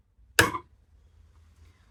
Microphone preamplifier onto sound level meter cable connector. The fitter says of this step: So you need to be firm and wait for the click.